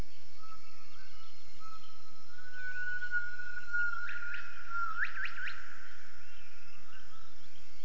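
Gibbon call: a long held whistled note, then a short burst of quick rising notes, over steady background noise.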